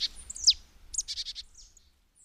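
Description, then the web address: Marsh tit call: a quick high, sharp, downslurred note, then a short burst of four or five buzzy notes, briefly and clearly heard. "agykontroll Madardalok Cd 1. Barátcinege"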